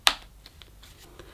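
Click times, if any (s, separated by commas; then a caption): 0.1 s. A plastic spray trigger is slid into the back of the hose handle of a Thomas Aqua + Pet & Family multifunction vacuum cleaner and seats with a loud, sharp click at 0.1 s. A few faint clicks and handling rustles follow. The trigger is seated in the handle.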